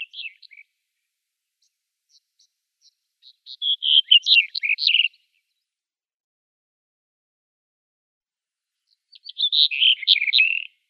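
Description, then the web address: Black-headed bunting repeating its short song: the tail of one phrase at the start, then two full jangling, falling phrases several seconds apart, nothing else audible. "Schulze Peter Black-headed Bunting song"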